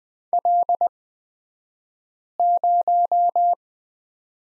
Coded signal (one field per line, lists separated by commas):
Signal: Morse code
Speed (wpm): 20 wpm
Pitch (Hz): 700 Hz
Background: none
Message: L0